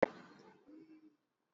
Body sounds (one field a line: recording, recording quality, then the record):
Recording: sustained vowel as in beet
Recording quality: poor, much background noise or distortion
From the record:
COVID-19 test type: RT-PCR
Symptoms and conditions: cough, cold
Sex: male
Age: 26 years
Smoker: yes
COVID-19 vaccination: both doses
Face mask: worn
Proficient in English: yes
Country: India